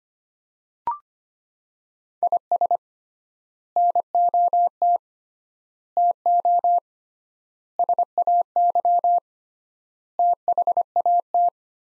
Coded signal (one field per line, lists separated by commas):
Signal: Morse code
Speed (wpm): 25 wpm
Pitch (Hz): 700 Hz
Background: none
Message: IS NOT TO SAY THAT